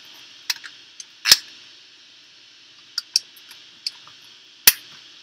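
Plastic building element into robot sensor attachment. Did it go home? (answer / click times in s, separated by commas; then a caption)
yes / 4.7 s. A plastic LEGO building piece is worked through from the side and then clipped into the ultrasonic sensor attachment of a LEGO EV3 Mindstorms robot. Several sharp plastic ticks and clacks from the handling come at about 0.5, 1.3, 3.0 and 3.2 seconds. A loud, crisp snap at 4.7 seconds signals that the piece is seated and clipped in place.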